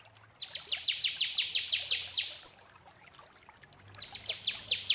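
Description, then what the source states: Prinia song: a rapid series of about a dozen loud, sharply descending whistled notes, a short pause, then another matching series. Prenjak; tutor (masteran) therapy recording for training birds.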